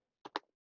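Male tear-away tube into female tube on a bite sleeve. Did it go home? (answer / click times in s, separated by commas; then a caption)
yes / 0.4 s. A male plastic tear-away tube is pushed into the female tube on a bite-sleeve leg attachment. A short snap at 0.26 s is followed by a sharper, louder click at 0.36 s as the tube locks in, then a few faint ticks. The tear-away tube connector is seated and locked.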